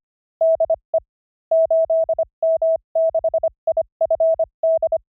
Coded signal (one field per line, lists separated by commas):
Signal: Morse code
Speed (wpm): 25 wpm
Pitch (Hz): 650 Hz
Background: none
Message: DE 8M6IFD